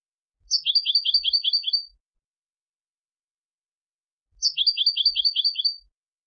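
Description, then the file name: European goldfinch song, a short phrase of rapid alternating high tinkling notes given twice, with long silent gaps between. "Carduelis carduelis"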